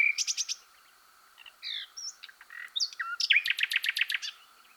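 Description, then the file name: Common nightingale song: a quick trill of repeated notes, a pause, varied whistled and buzzy phrases, then a fast burst of about eight sharp repeated notes. "Luscinia megarhynchos"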